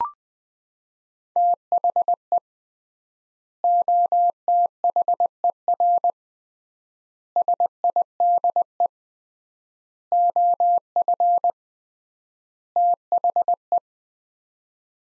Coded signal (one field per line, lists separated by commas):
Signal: Morse code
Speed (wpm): 20 wpm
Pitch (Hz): 700 Hz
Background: none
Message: THE OTHER SIDE OF THE